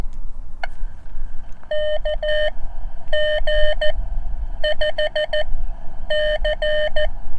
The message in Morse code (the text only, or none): KG5C